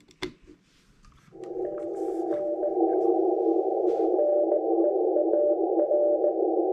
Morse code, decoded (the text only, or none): TN NEAR